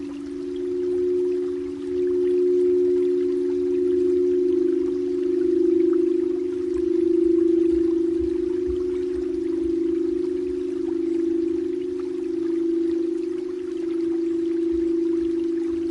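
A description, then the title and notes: A crystal singing bowl rings with one sustained, mid-pitched tone that holds for the whole clip. Its loudness swells and eases gently, with a slow wavering pulse, over a faint hiss and a few soft low knocks. 水晶與自然之音｜冥想音樂｜Crystal Singing Bowls Healing Sound. 水晶缽.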